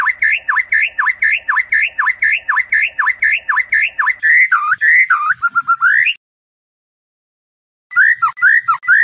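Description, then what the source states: White-rumped shama song: a loud rising-and-dipping whistled phrase repeated about twice a second, then varied sharper notes, a brief silence, and resumed phrases. Masteran (training) recording of murai batu Labaik, used for training cage birds.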